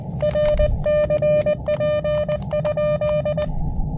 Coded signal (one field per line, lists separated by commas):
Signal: Morse code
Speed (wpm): 19 wpm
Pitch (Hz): 590 Hz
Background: music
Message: RCP?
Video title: Fort Macon State Park: High band, low-impact QRP POTA Activation!